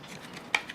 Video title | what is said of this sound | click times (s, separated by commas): SOG Gov-Tac Knife Review: Discontinued! | I love these particular Kydex type of she's that sod provides for us clicks into place | 0.6 s